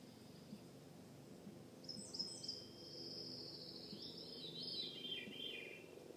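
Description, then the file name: Veery song: a breezy, reedy phrase that spirals steadily downward over about four seconds, with a soft rumbling background hum. Recorded in Juneau, Alaska, on 15 June 2014. "Veery Alaska Juneau Laurie Lamm"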